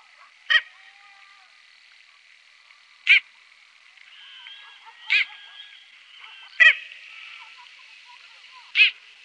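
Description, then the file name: Red-knobbed coot giving five short, sharp, explosive calls at uneven intervals of about two seconds, over a faint background of softer chattering birds. "Kamsothona"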